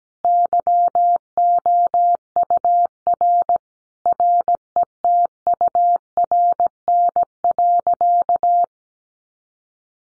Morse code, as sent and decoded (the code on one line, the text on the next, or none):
-.-- --- ..- .-. / .-. . - ..- .-. -. .-.-.-
YOUR RETURN.